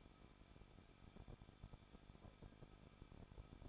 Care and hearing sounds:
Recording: daily activity, microphone in the room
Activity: no activity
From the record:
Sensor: 5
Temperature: 20.9 degrees Celsius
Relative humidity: 38.1%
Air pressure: 1006.4 hPa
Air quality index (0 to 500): 187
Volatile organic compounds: 18 ppm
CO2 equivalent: 2624 ppm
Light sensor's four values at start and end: 2/3/1/1 and 2/3/1/1

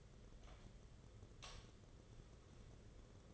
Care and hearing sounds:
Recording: daily activity, microphone in the room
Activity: light on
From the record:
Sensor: 4

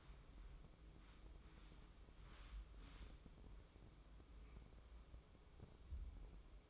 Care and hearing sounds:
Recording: daily activity, microphone in the room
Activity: wipe stove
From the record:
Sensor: 1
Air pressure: 996.1 hPa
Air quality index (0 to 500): 71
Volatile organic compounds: 3 ppm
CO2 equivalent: 1487 ppm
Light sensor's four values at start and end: 28/100/38/39 and 28/100/38/39

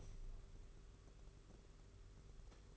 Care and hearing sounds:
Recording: daily activity, microphone in the room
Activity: open window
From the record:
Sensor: 4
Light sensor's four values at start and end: 6/14/5/6 and 6/14/5/6

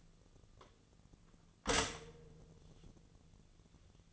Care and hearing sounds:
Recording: daily activity, microphone in the room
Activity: stop toaster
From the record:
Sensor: 4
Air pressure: 1001.0 hPa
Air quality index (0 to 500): 165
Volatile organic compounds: 2 ppm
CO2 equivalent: 1200 ppm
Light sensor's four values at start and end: 19/44/19/19 and 19/45/19/20

